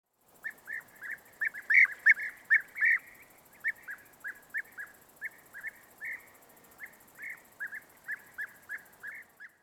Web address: ptaki zolna